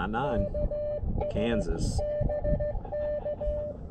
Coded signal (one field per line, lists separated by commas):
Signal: Morse code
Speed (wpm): 19 wpm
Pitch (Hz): 600 Hz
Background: speech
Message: KS BK